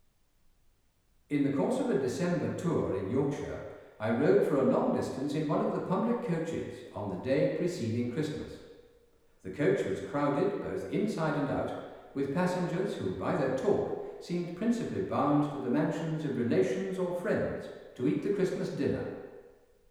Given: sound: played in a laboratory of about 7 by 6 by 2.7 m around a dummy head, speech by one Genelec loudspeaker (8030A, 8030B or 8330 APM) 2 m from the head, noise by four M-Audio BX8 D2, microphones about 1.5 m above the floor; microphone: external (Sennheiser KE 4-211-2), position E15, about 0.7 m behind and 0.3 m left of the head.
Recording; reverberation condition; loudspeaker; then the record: male speech in English; high; 120 degrees to the right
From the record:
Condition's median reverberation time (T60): about 1300 ms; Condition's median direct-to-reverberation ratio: about -4.0 dB